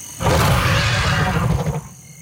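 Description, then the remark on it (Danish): A dinosaur roar sound effect from the soundtrack of the dinosaur exhibition at Experimentarium in Copenhagen: one long, loud, rumbling bellow with a deep low end and raspy upper texture, holding steady for about a second and a half before cutting off. “Lyden var lånt fra lydsporet til den dinoudstilling, som netop nu er åbnet på Experimentarium i København.”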